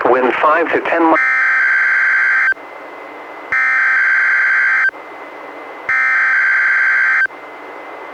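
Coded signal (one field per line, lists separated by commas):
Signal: Emergency Alert System (SAME) tones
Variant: header bursts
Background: speech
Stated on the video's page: Required Weekly Test issued by NWS Portland, relayed by NOAA Weather Radio station, recorded from a Reecom R-1630 weather radio through a Zoom H1 recorder.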